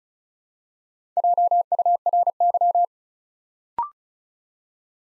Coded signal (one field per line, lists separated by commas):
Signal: Morse code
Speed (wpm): 34 wpm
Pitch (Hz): 700 Hz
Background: none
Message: JURY